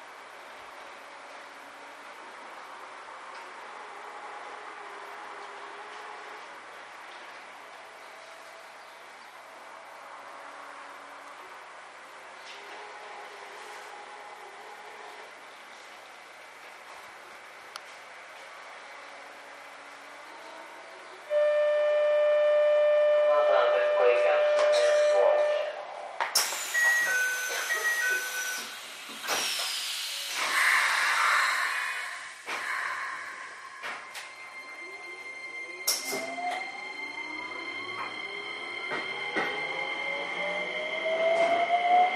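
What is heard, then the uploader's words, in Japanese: A Keikyu New 1000 series train, 1800 subseries, running between Shin-Zushi and Kanazawa-bunko. A low, steady rumble with faint tones fills the first twenty seconds, then turns abruptly louder with whining motor tones, clattering bursts, and a rising pitch sweep near the end. 京急新1000形1800番台 新逗子〜金沢文庫。逗子線で録音。1367編成では東芝製SEA-548 永久磁石同期電動機（PMSM）と4台の主電動機を1台で制御するSVF102-G0主制御装置が採用。主電動機出力は190kWとされた。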